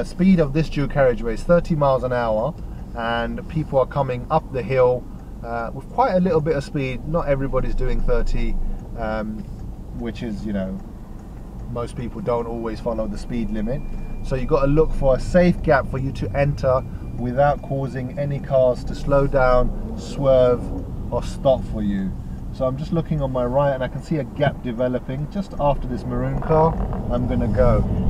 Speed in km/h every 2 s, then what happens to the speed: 5, 2, 0, 5, 2, 3, 6, 5, 2, 6, 5, 2, 11, 18.
1-4 standing. 4-22 steady at about 3. 22-28 pulls away to 18.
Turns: none.